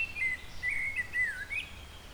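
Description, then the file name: Eurasian blackbird song, a single sustained mellow warble that rises, falls and finishes with a quick high upturn. "Turdus merula"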